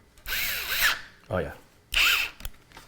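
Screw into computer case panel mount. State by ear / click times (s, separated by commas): stripped / 2.4 s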